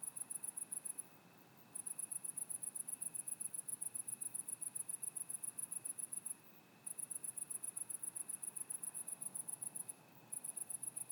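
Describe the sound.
Cicada song: a very high, rapidly pulsed trill in long trains. Brief pauses break it up, over a faint steady background hum.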